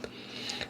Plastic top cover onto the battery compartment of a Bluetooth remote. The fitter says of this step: here you may hear a snap sound like it's going to break but it's not it's just basically clipping into place